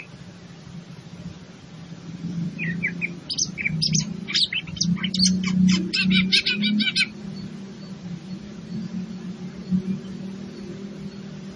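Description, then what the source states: Greater green leafbird song: a few soft whistles, then a dense rapid burst of sharp high chips for about four seconds, over a steady low hum. In full song, a style called gacor.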